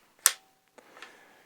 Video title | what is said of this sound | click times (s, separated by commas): From the Ground Up - Loading and Unloading - 1:6 | if you hear a click that's likely good you can also tug on the magazine to ensure that it's not falling out | 0.3 s